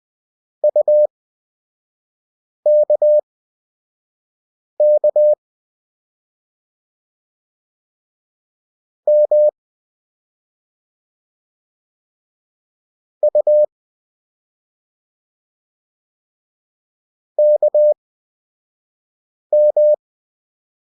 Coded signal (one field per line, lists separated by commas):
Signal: Morse code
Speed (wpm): 20 wpm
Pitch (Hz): 600 Hz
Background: none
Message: UKK M U KM